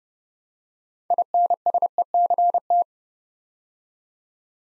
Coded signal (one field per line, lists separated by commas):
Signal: Morse code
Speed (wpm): 29 wpm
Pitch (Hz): 700 Hz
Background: none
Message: INSECT